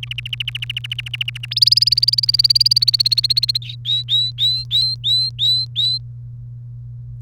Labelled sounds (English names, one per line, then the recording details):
Domestic Canary song
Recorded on 1 May 2018 at 11:35
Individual llb3